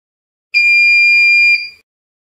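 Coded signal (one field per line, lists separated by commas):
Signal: beep code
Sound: one clear, high, steady electronic beep lasting about a second, then a short fade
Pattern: 1 long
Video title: Sound | Lifestyle | Appliance Ready Beep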